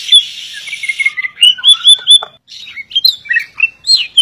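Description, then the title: Oriental magpie-robin song fragment: a buzzy note followed by short whistled slurs and clipped chirps, delivered in quick uneven bursts. "suara kacer"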